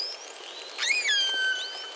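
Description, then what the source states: Pilot whale whistles, tonal and frequency-modulated: a sharp upward sweep, then a long descending whistle with harmonics, and another rising sweep near the end. Call type 30.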